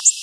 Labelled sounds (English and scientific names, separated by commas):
Common Yellowthroat (Geothlypis trichas) flight call